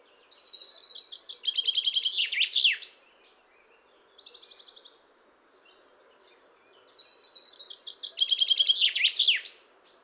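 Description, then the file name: Common chaffinch song given twice, each a cascading run of trilled notes that quickens and drops before an emphatic twisting ending, with a brief trill fragment between. "Fringilla coelebs"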